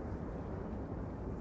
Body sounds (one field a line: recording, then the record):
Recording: background sound without coughing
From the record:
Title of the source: Train Ride Ambience ambient white noise for sleeping, focus, studying, reading